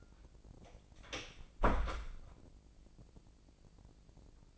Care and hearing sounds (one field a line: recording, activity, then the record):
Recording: daily activity, microphone in the room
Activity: close door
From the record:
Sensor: 5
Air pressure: 1012.4 hPa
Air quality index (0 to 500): 160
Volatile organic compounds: 2 ppm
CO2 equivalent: 1094 ppm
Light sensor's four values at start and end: 257/627/262/288 and 251/611/256/281